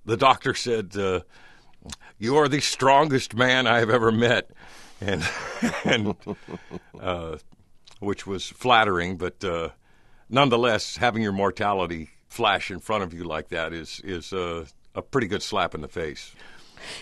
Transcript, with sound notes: The doctor said, you're the strongest man I have ever met. (Laughing) Which was flattering, but nonetheless, having your mortality flash in front of you like that is a pretty good slap in the face.